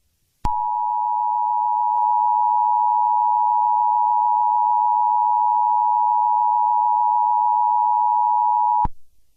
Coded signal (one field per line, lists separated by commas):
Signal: Emergency Alert System (SAME) tones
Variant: 853 and 960 Hz attention tone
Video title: Eas scenario ￼- The Killer (full version)